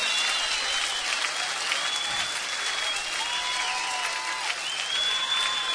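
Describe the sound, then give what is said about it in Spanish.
A live audience claps steadily and densely along to a bolero being recorded live for a nationwide broadcast, a continuous wash of hand claps with a few thin whistles rising above it. No one speaks. “Todos arriba, en vivo, con esas palmas que se escuchen, porque se está grabando en vivo, está llegando a todo el país.”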